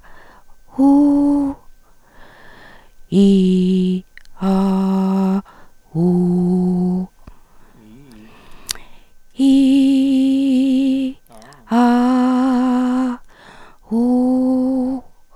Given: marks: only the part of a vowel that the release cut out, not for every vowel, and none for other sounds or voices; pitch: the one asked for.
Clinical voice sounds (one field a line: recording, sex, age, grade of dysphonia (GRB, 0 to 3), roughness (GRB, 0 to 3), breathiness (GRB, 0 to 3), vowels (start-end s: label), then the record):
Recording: sustained vowels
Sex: female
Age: 60 to 69 years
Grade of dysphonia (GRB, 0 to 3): 3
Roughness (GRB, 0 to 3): 2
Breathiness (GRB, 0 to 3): 1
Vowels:
0.85-1.48 s: vowel /u/, high pitch
3.26-3.90 s: vowel /i/, low pitch
4.54-5.32 s: vowel /a/, low pitch
6.01-6.98 s: vowel /u/, low pitch
9.51-10.91 s: vowel /i/, low-high-low pitch
11.90-13.01 s: vowel /a/, low-high-low pitch
14.01-14.84 s: vowel /u/, low-high-low pitch
From the record:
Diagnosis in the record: recurrent laryngeal nerve paralysis, presbyphonia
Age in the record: 61 years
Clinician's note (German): Kompensiert, alte